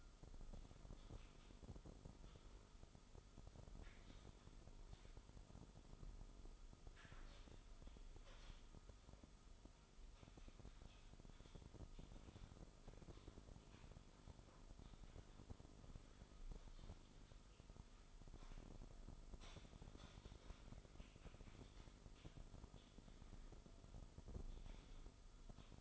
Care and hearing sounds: daily activity, microphone in the room; typing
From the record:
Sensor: 5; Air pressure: 988.8 hPa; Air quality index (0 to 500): 235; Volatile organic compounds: 193 ppm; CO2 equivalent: 4189 ppm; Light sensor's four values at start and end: 39/124/48/51 and 39/124/48/51

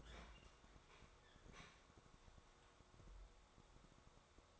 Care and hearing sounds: daily activity, microphone in the room; open fridge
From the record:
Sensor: 3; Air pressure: 1004.6 hPa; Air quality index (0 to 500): 192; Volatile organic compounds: 13 ppm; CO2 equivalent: 2405 ppm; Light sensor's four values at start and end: 5/13/5/5 and 5/13/5/5

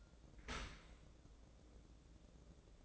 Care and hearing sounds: daily activity, microphone in the room; open dishwasher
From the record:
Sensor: 3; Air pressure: 1012.3 hPa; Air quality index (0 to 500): 146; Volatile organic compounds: 2 ppm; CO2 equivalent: 1127 ppm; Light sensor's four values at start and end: 582/1438/592/589 and 583/1440/592/589

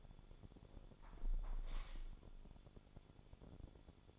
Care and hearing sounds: daily activity, microphone in the room; close window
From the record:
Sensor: 5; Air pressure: 1015.0 hPa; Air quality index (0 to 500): 97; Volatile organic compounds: 2 ppm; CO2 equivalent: 1040 ppm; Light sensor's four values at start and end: 35/80/32/31 and 35/80/32/31

